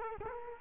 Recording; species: mosquito wingbeat signal from an infrared sensor; Culex quinquefasciatus